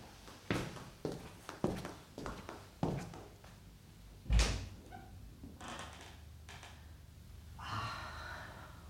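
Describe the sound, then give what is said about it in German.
A woman opens a door onto a terrace: several soft knocks and shuffling handling sounds, then one heavy thud, followed by a low hiss and faint rustling. No one speaks. “Sie öffnet die Tür zur Terrasse.”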